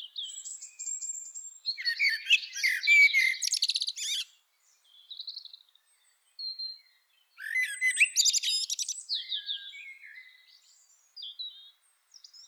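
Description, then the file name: Common blackbird making rapid, scratchy, high chatter in irregular bursts, mixed with short thin whistles, then a second loud burst after a pause. "Turdus merula"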